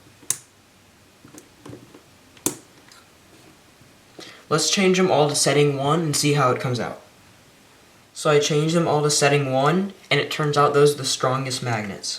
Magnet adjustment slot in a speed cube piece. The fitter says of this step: can turn this with the screwdriver and it will click in let's